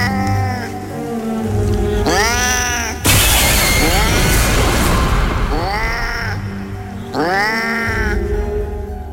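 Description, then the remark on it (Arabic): A cat, standing in front of a group of gathered cats, yowls in long, wavering, high-pitched cries, breaks into a loud, harsh hiss lasting a couple of seconds, then resumes its drawn-out, rising and falling yowls. “هي واقفة قدامهم وعمالة تطلع الأصوات الغريبة دي وتنفخ زي ما القطط بتقعد تطلع الأصوات الغريبة دي.”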